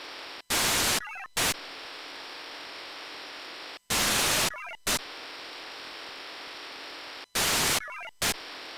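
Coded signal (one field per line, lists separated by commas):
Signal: HF data modem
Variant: VARA FM wide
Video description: Testing VARA-FM wide-mode communications on a tabletop with two radios connected to two separate sets of VARA-FM modem and VarAC application on the same PC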